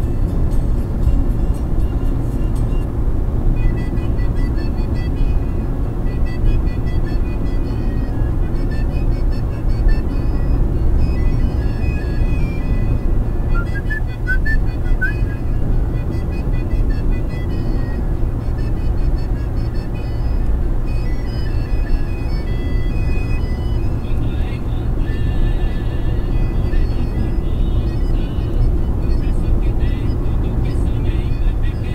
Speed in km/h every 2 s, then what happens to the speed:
105, 106, 106, 106, 106, 107, 106, 107, 107, 108, 108, 109, 108, 108, 108, 107.
0-32 steady at about 107.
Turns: none.